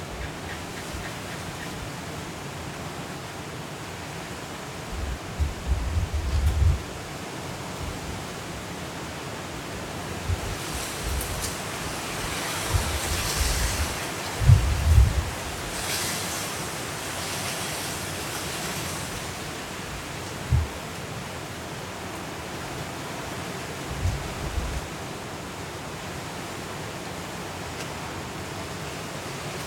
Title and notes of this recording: Hurricane Kay in Los Cabos at Midnight. The sound of the wind, rain and city